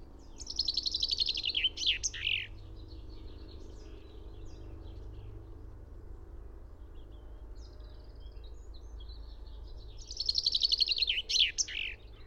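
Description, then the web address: Two rapid finch song phrases, each a tumbling high trill ending in an accented flourish, separated by quieter bird twitters and a constant low background hum. "fugl b-finke"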